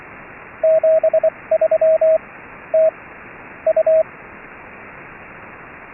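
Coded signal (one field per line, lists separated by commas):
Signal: Morse code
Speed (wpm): 24 wpm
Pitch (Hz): 640 Hz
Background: radio noise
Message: 73 TU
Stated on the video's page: CW exchanged over the internet by audio-over-IP, with HF background static from a rig added as comfort noise.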